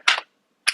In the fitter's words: on its own lock into place that's ready